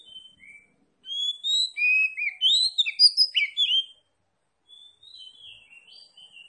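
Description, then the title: Oriental magpie-robin singing a rich, fast medley of sweet whistles and abrupt chirps, loud in the middle and trailing into softer warbling. Lively-singing ('gacor') bird from Tretes. "Kacer Tretes Gacor"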